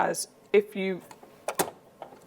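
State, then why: Partly seated. A mixing bowl is locked back into a drinks machine, with short clicks at 1.5 and 1.6 seconds while someone talks. The bowl locks only on one side and is not fully home: orange is still visible on one side, meaning it has not been replaced properly and could leak inside the machine.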